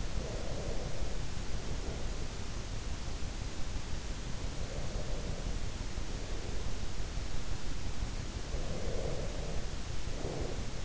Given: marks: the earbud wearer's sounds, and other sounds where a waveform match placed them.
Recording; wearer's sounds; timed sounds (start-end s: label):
sounds in sleep by an in-ear microphone; breath
0.00-2.32 s: breath
4.41-6.95 s: breath
8.45-10.85 s: breath